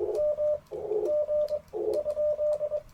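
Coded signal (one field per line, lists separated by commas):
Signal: Morse code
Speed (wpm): 22 wpm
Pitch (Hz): 600 Hz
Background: none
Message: MG?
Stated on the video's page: QRP CW Parks on the Air activation sent with paddles on an Icom IC-705 into a Chelegance MC-750 antenna.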